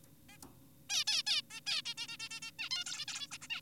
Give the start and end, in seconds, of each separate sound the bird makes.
0.29-0.38, 0.90-1.04, 1.08-1.23, 1.27-1.42, 1.51-1.60, 1.66-1.82, 1.86-1.94, 1.98-2.08, 2.08-2.17, 2.20-2.29, 2.31-2.40, 2.42-2.50, 2.59-2.69, 2.71-2.84, 2.86-3.06, 3.08-3.27, 3.32-3.38, 3.42-3.48, 3.50-3.61